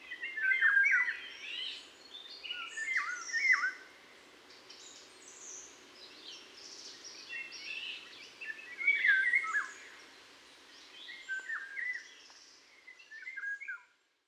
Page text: 080712, European Golden Oriole Oriolus o. oriolus, Leipzig, Germany